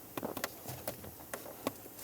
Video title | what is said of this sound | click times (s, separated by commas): How to Replace Steering Column Shift Clamp and Bushing 2001-2005 Ford Explorer Sport Trac | we go i heard a little click now i'm going to grab on to it i'm going to try as hard as i can to pull it out of there | 0.4 s